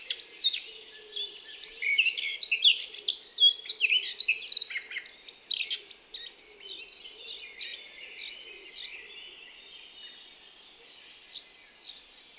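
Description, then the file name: Eurasian blackcap song, a busy warbled run of mixed chirps and whistles lasting about nine seconds, then silence and one short final burst. "Sylvia atricapilla"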